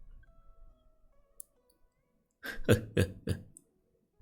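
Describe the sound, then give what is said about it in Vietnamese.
A burst of four dry, harsh coughs in quick succession from laughing so hard, loud and raspy, following a quiet stretch with faint low rumbling and a small click. “Hạo Vân Đồ bưng nửa mặt, ngửa đầu lên trời cười lớn, cười buồn, cười đến nỗi ho khan.”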